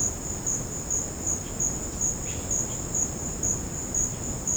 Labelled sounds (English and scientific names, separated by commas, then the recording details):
none
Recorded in secondary vegetation near Puerto Asís, Putumayo, Colombia, on 12 March 2025 at 17:00
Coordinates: 0.481, -76.318
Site G097